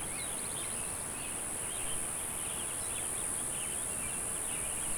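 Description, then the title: Cicadas give a steady, high, hissing drone without pause, while scattered bird chirps and twitters sound faintly beneath. "neoscenes: cicadas"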